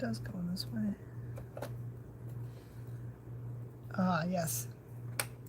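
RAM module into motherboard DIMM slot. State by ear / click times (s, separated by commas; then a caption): seated / 5.2 s. A RAM module is pushed into a motherboard DIMM slot while someone talks. Its retention clip latches with a single short, sharp click at 5.2 s, quieter and less satisfying than hoped. The memory module is seated.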